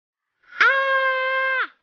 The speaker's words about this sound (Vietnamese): Tiếng la thất thanh ấy quá quen thuộc với Tâm, bởi nó cứ lởn vởn trong trí nhớ anh suốt một tháng nay.